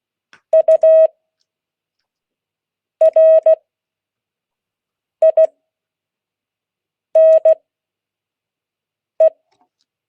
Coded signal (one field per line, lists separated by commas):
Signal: Morse code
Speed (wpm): 16 wpm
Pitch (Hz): 640 Hz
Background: none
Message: URINE